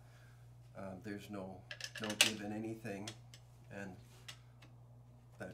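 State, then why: Seated. Someone talks as the barrels of a vintage J.P. Sauer sidelock drilling, a combination shotgun/rifle, are closed onto its steel break-open action. A sharp click at 4.3 s, followed by a softer tick at about 4.6 s, marks the action locking up, seated and ready to go.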